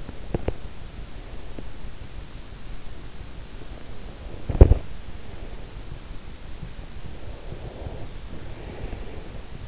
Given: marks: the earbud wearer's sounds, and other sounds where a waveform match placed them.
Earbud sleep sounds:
sounds in sleep by an in-ear microphone; teeth grinding, body movement, breath
0.00-1.03 s: teeth grinding
4.28-5.08 s: body movement
7.37-9.48 s: breath

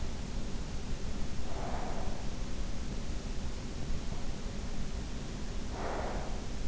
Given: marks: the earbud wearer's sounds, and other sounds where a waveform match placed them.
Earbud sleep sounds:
sounds in sleep by an in-ear microphone; breath
1.32-2.55 s: breath
5.54-6.68 s: breath

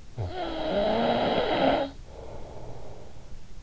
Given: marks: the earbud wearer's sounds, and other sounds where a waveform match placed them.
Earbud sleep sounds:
sounds in sleep by an in-ear microphone; snoring breath
0.03-3.55 s: snoring breath

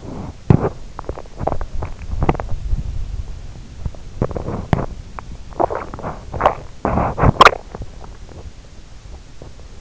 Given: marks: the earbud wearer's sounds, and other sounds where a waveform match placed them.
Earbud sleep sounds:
sounds in sleep by an in-ear microphone; teeth grinding
0.00-2.65 s: teeth grinding
3.69-9.54 s: teeth grinding

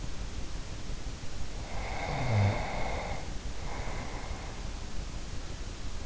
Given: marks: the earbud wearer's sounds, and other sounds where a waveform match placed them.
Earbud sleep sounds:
sounds in sleep by an in-ear microphone; snoring breath
1.68-4.84 s: snoring breath

